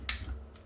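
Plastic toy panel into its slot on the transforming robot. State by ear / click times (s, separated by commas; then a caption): seated / 0.1 s. A plastic panel of a green transforming crane robot toy is pressed back into its slot with a sharp snap at 0.1 s. A faint, softer tick follows at about 0.6 s. The part is seated in place.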